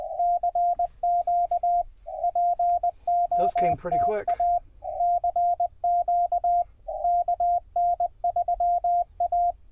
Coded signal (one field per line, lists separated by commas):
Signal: Morse code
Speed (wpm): 20 wpm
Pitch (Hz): 690 Hz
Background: speech, radio noise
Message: CQ POTA CQ KN3A